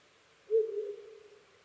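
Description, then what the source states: Owl giving a single low hoot, sharp at the start, then a wavering tail that fades over about a second. Recorded 5 May 2011 at 04:06.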